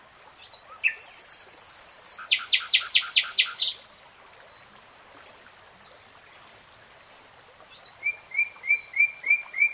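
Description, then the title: Nightingale song: a buzzy high trill, then a rapid run of loud clipped notes, a pause, and finally a quick series of short whistles. Recorded in real time. "[Tiếng chim hót] Nightingale Singing"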